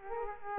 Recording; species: mosquito wingbeat signal from an infrared sensor; Culex quinquefasciatus